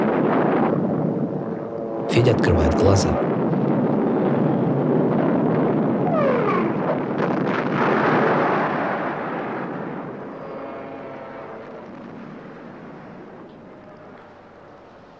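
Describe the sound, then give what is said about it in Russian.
Artillery shelling rumbles heavily, with a sharp, loud blast early on followed by a long rolling roar that gradually fades. A man speaks briefly over the noise. “От взрыва с потолка сыпется побелка, болтается лампа.”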